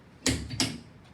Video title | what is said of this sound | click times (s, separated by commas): 1110 lab lecture 9/15/20 | the only thing you do with this is you push it in until you hear it unclick ready | 0.3 s, 0.6 s